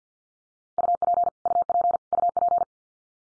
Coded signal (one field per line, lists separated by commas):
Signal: Morse code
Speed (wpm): 50 wpm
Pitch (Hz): 700 Hz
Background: none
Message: UP UP UP